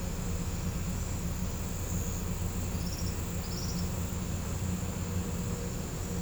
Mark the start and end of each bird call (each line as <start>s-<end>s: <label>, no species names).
2.63s-3.86s: bird call